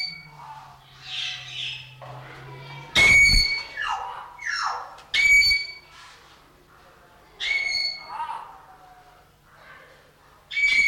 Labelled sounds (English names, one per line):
Common Hill Myna call